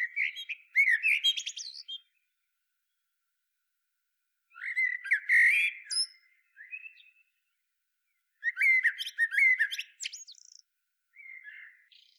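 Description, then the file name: Eurasian blackbird singing three phrases spaced a few seconds apart, each a fluted warble with thin high twittering, the later two followed by a quieter trailing note. "Turdus merula"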